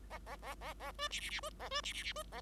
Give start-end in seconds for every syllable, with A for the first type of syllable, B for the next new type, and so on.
0.10-0.18 A, 0.26-0.36 A, 0.42-0.55 A, 0.61-0.74 A, 0.80-0.92 A, 0.98-1.09 B, 1.10-1.20 C, 1.21-1.30 C, 1.30-1.40 C, 1.42-1.50 B, 1.59-1.68 A, 1.71-1.81 B, 1.83-1.93 C, 1.94-2.03 C, 2.03-2.13 C, 2.15-2.23 B, 2.32-2.41 A